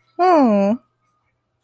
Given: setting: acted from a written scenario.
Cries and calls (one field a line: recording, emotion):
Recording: vocal sound without words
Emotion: elation